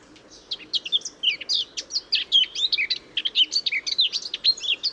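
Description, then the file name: Eurasian blackcap song: a dense, hurried warble of varied twittering and whistled notes, starting after about half a second. "Sylvia atricapilla"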